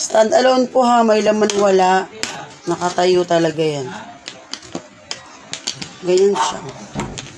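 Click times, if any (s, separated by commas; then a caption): none. Someone talks while handling a skin-coloured faux-leather handbag with a double pocket, whose metal lock clasp closes into its catch on the bag flap. Speech fills most of the clip, followed by brief sharp handling taps from about 4.3 to 5.8 seconds and again near 7.0 seconds. The clasp has not yet locked, and nothing has seated or clicked yet.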